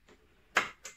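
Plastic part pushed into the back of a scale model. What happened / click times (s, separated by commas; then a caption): The plastic part clicked into place / 0.6 s. A plastic part on the back of a Terminator scale-model build is nudged down with a screwdriver until it seats. A faint tap at 0.1 s is followed by a sharp click at 0.6 s as the part clicks into place, then a softer click at 0.9 s. The part is confirmed seated.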